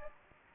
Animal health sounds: mosquito wingbeat signal from an infrared sensor; Anopheles gambiae

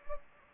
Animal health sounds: mosquito wingbeat signal from an infrared sensor; Anopheles gambiae

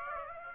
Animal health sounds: mosquito wingbeat signal from an infrared sensor; Aedes aegypti

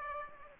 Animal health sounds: mosquito wingbeat signal from an infrared sensor; Aedes aegypti

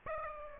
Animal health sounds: mosquito wingbeat signal from an infrared sensor; Aedes aegypti

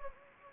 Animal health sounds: mosquito wingbeat signal from an infrared sensor; Anopheles gambiae

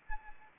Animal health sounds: mosquito wingbeat signal from an infrared sensor; Anopheles arabiensis

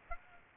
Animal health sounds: mosquito wingbeat signal from an infrared sensor; Aedes aegypti

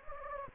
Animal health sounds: mosquito wingbeat signal from an infrared sensor; Anopheles gambiae

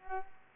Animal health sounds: mosquito wingbeat signal from an infrared sensor; Culex pipiens

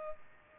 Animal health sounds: mosquito wingbeat signal from an infrared sensor; Culex pipiens

